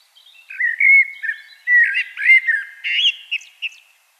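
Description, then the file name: Common blackbird singing a continuous run of low, rich whistled notes that waver up and down, closing with a few brief higher twittery notes. "Turdus merula"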